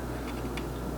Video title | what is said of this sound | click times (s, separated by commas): How to use the Jollylook!!!! | will actually fall down and lock itself into place so | 0.6 s